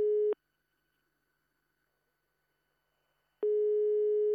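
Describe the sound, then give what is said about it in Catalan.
A telephone ringback tone sounds on the line: a steady, mid-pitched electronic buzz in two short bursts separated by about three seconds of silence, with no voices. “Ja està tornant a sonar el telèfon, eh? Que sona.”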